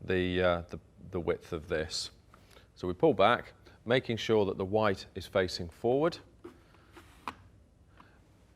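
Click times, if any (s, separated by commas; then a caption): 7.3 s, 8.0 s. Someone talks while pulling back the spring back of a 5x4 large-format camera and inserting a loaded film holder (dark slide). Clicks sound at 7.3 s and 8.0 s as the holder seats into the camera back, giving a flush, light-tight fit.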